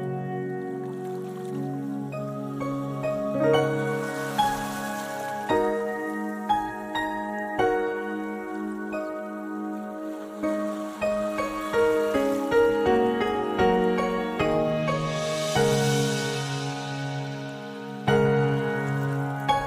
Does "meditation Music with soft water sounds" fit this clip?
yes